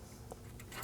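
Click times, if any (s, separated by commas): none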